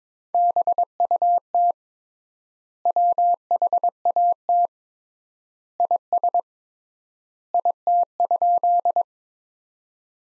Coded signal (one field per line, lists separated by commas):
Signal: Morse code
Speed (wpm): 21 wpm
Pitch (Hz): 700 Hz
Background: none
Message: BUT WHAT IS IT?